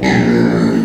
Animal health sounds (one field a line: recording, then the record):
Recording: squeal of a Yucatan mini pig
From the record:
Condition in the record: before surgery on the right vocal fold (resection and tissue-engineered implant)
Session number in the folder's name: 3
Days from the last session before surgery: 0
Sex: female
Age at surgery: 19 weeks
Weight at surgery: 25 kg